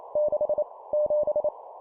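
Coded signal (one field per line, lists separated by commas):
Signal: Morse code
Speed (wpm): 28 wpm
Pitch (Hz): 600 Hz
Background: none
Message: 6 7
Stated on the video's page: Morse code practice sending numbers at 25 wpm.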